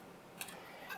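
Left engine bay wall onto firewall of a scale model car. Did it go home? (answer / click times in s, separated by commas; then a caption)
yes / 0.4 s. The left engine bay wall of a 007 Aston Martin DB5 scale model is lined up with a hole on the firewall piece and pushed into place, just as the right side was. A short, sharp click sounds at 0.4 s, and the wall is seated on the firewall.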